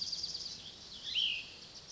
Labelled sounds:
Cassin's Vireo (Vireo cassinii)
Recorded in Sonoma County, California

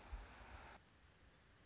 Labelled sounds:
Anna's Hummingbird (Calypte anna)
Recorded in Sonoma County, California

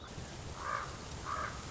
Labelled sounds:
Common Raven (Corvus corax)
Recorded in Sonoma County, California

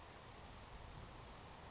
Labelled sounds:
Savannah Sparrow (Passerculus sandwichensis)
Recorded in Sonoma County, California

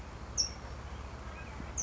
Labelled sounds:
California Towhee (Melozone crissalis)
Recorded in Sonoma County, California

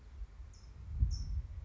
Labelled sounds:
California Towhee (Melozone crissalis)
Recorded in Sonoma County, California

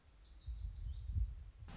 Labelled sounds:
Lazuli Bunting (Passerina amoena)
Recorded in Sonoma County, California

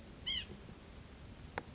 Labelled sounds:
White-breasted Nuthatch (Sitta carolinensis)
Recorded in Sonoma County, California

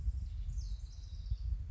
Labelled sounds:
House Wren (Troglodytes aedon)
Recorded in Sonoma County, California

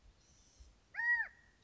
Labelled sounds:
California Quail (Callipepla californica)
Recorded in Sonoma County, California

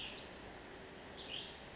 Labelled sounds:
Western Flycatcher (Empidonax difficilis)
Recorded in Sonoma County, California

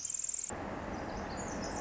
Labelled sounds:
Pacific Wren (Troglodytes pacificus)
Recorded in Sonoma County, California

